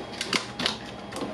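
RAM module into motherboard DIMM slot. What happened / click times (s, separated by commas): The memory module's retention latches snapped shut / 0.4 s, 0.7 s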